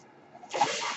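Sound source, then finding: Home mechanical ventilator. Mechanical ventilator breath sound.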